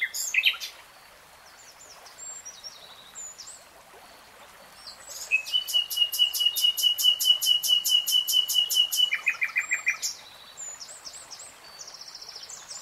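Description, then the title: Nightingale song in varied phrases: scattered chirps and whistles, then a long, fast, even trill of many sharp notes, ending in a lower buzzy burst and further twitters. Singing; three-hour real-time recording. "[Tiếng chim hót] 3 Hours REALTIME Nightingale Singing"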